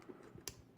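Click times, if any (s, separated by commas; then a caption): none. A 3D-printed plastic rudder-controller piece is pushed onto its mount, where a small knob is meant to snap into place. Two short, sharp taps are heard at about 0.5 s and 0.8 s against a quiet background. The piece goes on, but it has not snapped or clicked into place.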